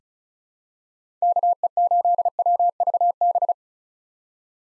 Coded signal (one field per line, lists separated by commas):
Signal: Morse code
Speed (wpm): 34 wpm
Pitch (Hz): 700 Hz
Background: none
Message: KE8WVB